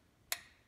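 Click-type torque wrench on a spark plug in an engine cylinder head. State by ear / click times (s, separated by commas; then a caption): torque reached / 0.3 s. A click-type torque wrench set to 15 ft-lb slowly tightens a spark plug in an engine cylinder head. After a quiet lead-in, it gives one sharp, bright click at 0.3 s that rings off briefly. The click marks the set torque being reached, so the spark plug is tightened to 15 ft-lb and not over-tightened.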